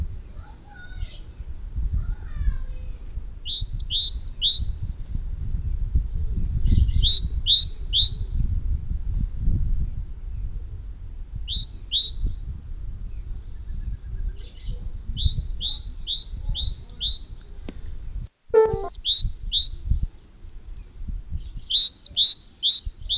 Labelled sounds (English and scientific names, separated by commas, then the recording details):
Great Tit (Parus major) song
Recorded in the wild
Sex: male
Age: adult
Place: Garmisch-Partenkirchen, Bayern, DE
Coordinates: 47.4892, 11.1467
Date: 1964-03-30
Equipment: Vollspur
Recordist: Tretzel, Erwin
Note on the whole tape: Pfeiffer-Alm: Kohlmeise: "ziwe...."; "wieh-z"; "bi-z bi-z"